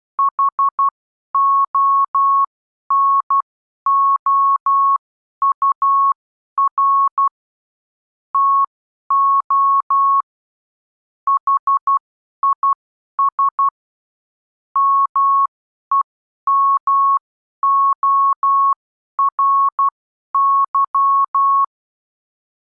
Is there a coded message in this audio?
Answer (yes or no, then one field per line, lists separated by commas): yes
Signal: Morse code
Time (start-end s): 0.2-21.6 s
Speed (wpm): 12 wpm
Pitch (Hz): 1100 Hz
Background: none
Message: HONOUR TO HIS MEMORY